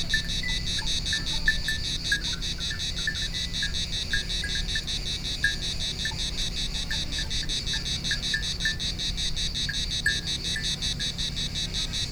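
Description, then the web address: Cicada rasping in fast, even pulses from start to finish, with brief faint chirps among the drone. Two cicadas recorded on Thassos, Greece, in 2016. "hanggyujtemeny gorogtaj thassos 2016 ketkaboca kecskekrovarok kecskesut"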